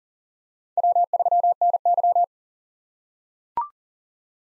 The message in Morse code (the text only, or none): W3NY